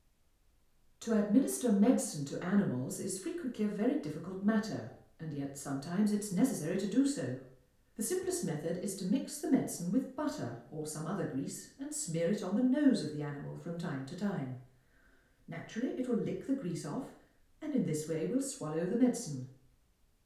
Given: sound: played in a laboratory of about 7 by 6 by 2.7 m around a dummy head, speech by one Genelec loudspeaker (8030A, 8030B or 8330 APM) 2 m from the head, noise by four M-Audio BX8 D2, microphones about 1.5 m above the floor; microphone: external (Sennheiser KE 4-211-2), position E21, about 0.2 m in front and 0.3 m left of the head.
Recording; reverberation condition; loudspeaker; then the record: female speech in English; medium; 150 degrees to the right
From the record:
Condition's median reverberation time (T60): about 510 ms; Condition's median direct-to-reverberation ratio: about -0.5 dB